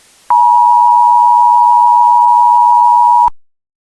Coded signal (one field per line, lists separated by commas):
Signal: Emergency Alert System (SAME) tones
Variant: 853 and 960 Hz attention tone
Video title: EAS Scenario: DON'T LOOK BEHIND YOU [FULL]